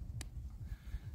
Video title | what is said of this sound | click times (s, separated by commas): Gear Review: Temu Cook Set - Cheap and crappy or clever value? | it can just click into place | 0.2 s